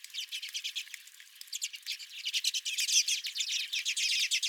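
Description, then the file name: Short burst of redpoll flock chatter, fast dry twitters that build in loudness through the second half. Several redpolls at the recordist's feeder. "Redpolls at My Feeder"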